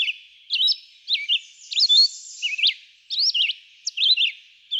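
Red-eyed vireo song of brief slurred whistles, a handful of phrases with short pauses between them, some notes rising and others dropping.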